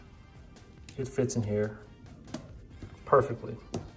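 A cut pressed grille insert is handled at the opening of its cut template while someone talks, with faint handling taps around 0.9 s and 2.3 s. Nothing has seated or clicked yet.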